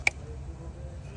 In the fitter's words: make sure you line it up good should click I no it didn't click